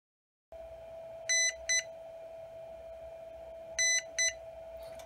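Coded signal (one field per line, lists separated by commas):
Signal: beep code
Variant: battery charger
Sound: two beep pairs, each a longer then shorter 2 kHz beep, over steady hum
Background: steady electrical hum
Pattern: 1 long, 1 short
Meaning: Battery is fully charged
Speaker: there you go another audible alarm so it repeats itself constantly and that's the repeat process it doesn't continuously beep it does that two beeps and then followed by two beeps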